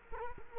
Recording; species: mosquito wingbeat signal from an infrared sensor; Culex quinquefasciatus